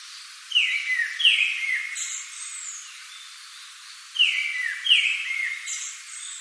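Japanese thrush song: bright whistled phrases that slide downward, given in two clusters of several notes about four seconds apart.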